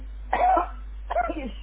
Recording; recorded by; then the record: voluntary cough; telephone call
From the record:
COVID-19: positive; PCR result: checked with the laboratory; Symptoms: yes